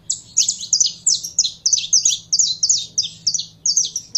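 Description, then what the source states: Belgian canary singing steady, high chirp phrases that repeat rapidly and evenly. Song of a purebred Belgian canary.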